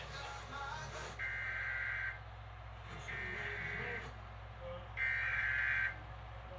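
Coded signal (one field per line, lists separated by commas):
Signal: Emergency Alert System (SAME) tones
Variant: header bursts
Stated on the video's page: Flash flood warning received on eleven stations, flash flood statement on one station.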